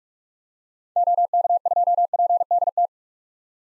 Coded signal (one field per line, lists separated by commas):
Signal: Morse code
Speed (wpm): 46 wpm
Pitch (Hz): 700 Hz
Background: none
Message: OK2PDT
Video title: 2023 SOTA Chaser Call Signs - 45wpm